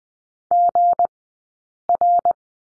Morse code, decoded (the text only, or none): GR